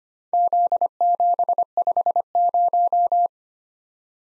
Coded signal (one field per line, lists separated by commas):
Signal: Morse code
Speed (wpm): 25 wpm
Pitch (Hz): 700 Hz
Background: none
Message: Z750